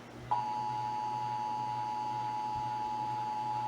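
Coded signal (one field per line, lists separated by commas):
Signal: Emergency Alert System (SAME) tones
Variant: 853 and 960 Hz attention tone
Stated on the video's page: Texas required monthly test carried on AM, FM and TV broadcast stations.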